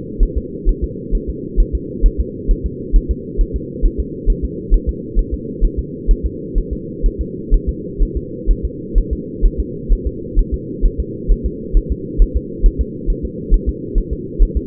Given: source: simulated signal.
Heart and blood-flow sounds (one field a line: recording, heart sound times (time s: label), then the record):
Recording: fetal heart sounds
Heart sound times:
0.23 s: S1
0.38 s: S2
0.69 s: S1
0.84 s: S2
1.15 s: S1
1.30 s: S2
1.60 s: S1
1.75 s: S2
2.06 s: S1
2.20 s: S2
2.51 s: S1
2.66 s: S2
2.96 s: S1
3.11 s: S2
3.41 s: S1
3.56 s: S2
3.86 s: S1
4.00 s: S2
4.30 s: S1
4.44 s: S2
4.74 s: S1
4.89 s: S2
5.19 s: S1
5.34 s: S2
5.65 s: S1
5.79 s: S2
6.11 s: S1
6.26 s: S2
6.58 s: S1
6.73 s: S2
7.06 s: S1
7.21 s: S2
7.54 s: S1
7.69 s: S2
8.03 s: S1
8.17 s: S2
8.51 s: S1
8.65 s: S2
8.98 s: S1
9.13 s: S2
9.46 s: S1
9.60 s: S2
9.92 s: S1
10.07 s: S2
10.39 s: S1
10.54 s: S2
10.86 s: S1
11.00 s: S2
11.32 s: S1
11.46 s: S2
11.77 s: S1
11.92 s: S2
12.22 s: S1
12.37 s: S2
12.66 s: S1
12.81 s: S2
13.10 s: S1
13.25 s: S2
13.54 s: S1
13.69 s: S2
13.98 s: S1
14.13 s: S2
14.43 s: S1
14.57 s: S2
From the record:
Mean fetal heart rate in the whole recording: 130 bpm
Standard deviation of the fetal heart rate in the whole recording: 4 bpm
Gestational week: 38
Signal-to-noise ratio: -4.1 dB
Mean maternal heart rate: no maternal heart sound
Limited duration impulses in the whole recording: absent